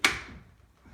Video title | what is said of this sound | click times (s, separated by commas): BagBoy Quad XL Push Cart | As soon as you hear that click, you know that the bottom of the cart's locked in. | 0.0 s